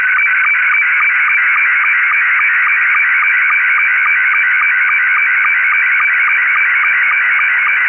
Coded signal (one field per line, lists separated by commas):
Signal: SSTV (slow-scan television)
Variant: Scottie 2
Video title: Receiving SSTV - Slow Scan Televsion